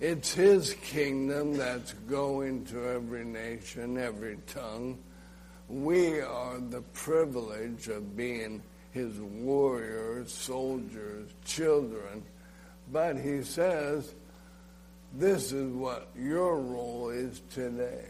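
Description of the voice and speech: Slow, effortful speech from an adult man with drawn-out vowels and blurred consonants: slurred dysarthria from ALS, diagnosed the previous summer, as the muscles used for talking weaken and the end of his life approaches.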